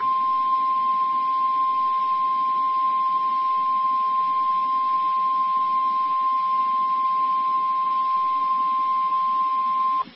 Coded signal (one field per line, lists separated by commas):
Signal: Emergency Alert System (SAME) tones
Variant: 1050 Hz attention tone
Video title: Real EAS #440 - Severe Thunderstorm Warning